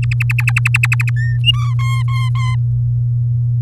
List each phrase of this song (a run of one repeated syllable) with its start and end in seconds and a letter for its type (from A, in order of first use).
0.02-1.10 A, 1.16-1.38 B, 1.44-1.74 C, 1.79-2.55 D